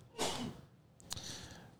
Sneezing into the corner.